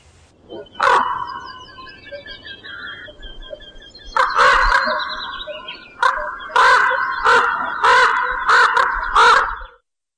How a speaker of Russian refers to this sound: Ворон.